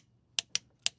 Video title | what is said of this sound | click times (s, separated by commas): BODGED FACEBOOK MARKETPLACE - £7000 MINI COOPER S - ENGINE OUT - MAJOR SURGERY ON THE R53 - PART 2 | Nice click. Nice click. Right, there we go. | 0.9 s